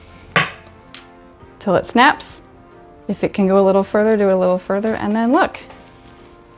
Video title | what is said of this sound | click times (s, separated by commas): Safety Eyes - 4 Styles - Knitted stuffed animals | all the way down, this one is kind of tight, until it snaps. | 0.4 s